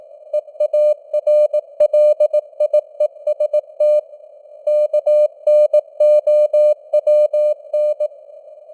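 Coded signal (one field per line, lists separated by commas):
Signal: Morse code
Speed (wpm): 18 wpm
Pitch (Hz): 600 Hz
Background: none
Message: EARLIEST KNOWN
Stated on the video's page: News headlines in Morse at 18 wpm, with simulated radio noise and fading (QSB).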